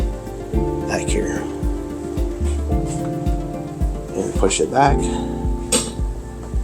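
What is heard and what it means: Someone talks over background music while opening a small clamp that lets a soundbar swing out from its wall mount to reach storage behind it, then pushes the soundbar back toward the mount. Handling sounds and a brief sharp sound near 5.7 s are heard, but the clip ends before the clamp latches, so nothing has seated or clicked yet.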